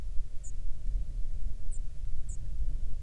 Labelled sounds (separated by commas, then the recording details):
bird, wind
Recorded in the Prudhoe Bay oil fields, Alaska, on 7 August 2019 at 05:29
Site 13